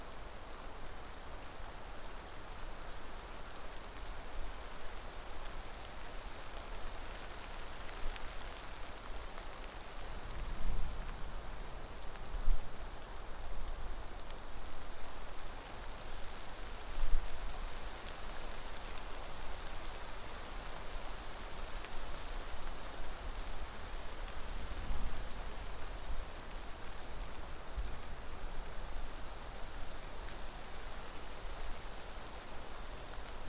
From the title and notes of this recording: Passing Thunderstorm East Of Bear Mountain. A late spring afternoon in a small stand of Quaking Aspen growing beneath tall Ponderosa Pines beside a seasonally flooded meadow located east of Bear Mountain in Shasta-Trinity National Forest, Siskiyou County, California. A microphone is placed on either side of the trunk of a tree, in this case a Quaking Aspen.